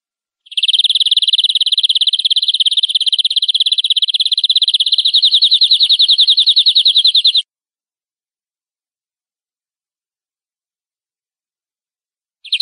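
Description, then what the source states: Canary song: a long, very fast rolling trill held for about seven seconds, then silence and a brief restart at the end. Masteran training song used to spur cage birds to sing more intensely.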